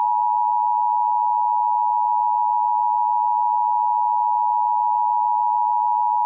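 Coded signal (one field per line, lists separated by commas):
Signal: Emergency Alert System (SAME) tones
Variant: 853 and 960 Hz attention tone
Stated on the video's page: Simulated EAS scenario.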